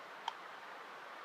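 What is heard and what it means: A plastic bite block is pushed into place in the lure housing of a Goodnature A12 possum trap after the cap is taken off. A single short, sharp tick sounds at 0.3 s over a steady low hiss, and the bite block clicks into place, seated.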